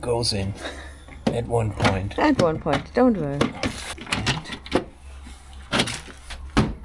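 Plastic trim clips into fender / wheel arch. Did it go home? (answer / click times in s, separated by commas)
no / none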